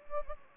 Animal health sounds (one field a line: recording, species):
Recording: mosquito wingbeat signal from an infrared sensor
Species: Anopheles gambiae